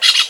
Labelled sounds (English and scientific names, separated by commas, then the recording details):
Brown-throated Parakeet (Eupsittula pertinax) contact call
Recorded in Venezuela
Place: Guárico; Corozopando; Fundo La Fe
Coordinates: 8.506, -67.593